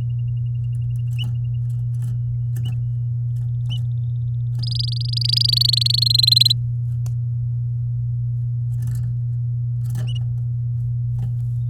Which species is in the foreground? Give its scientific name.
Serinus canaria